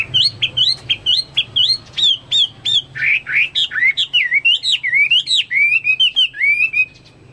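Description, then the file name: Chinese hwamei singing a fast series of whistled notes that shift into sweeping, slurred phrases. "omkicau hwamei"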